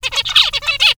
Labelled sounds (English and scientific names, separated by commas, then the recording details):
Zebra Finch (Taeniopygia guttata) song
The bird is a male
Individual mal1